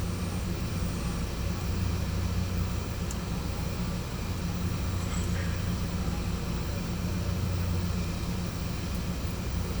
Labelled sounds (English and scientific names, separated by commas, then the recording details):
none
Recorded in pastures near Puerto Asís, Putumayo, Colombia, on 16 December 2024 at 10:00
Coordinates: 0.505, -76.324
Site G063